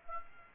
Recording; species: mosquito wingbeat signal from an infrared sensor; Aedes aegypti